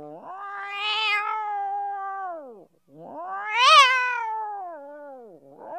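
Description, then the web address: Cat meowing twice: two long harmonic meows, the second rising sharply to a higher peak before trailing down, with another starting at the end. "animals cat"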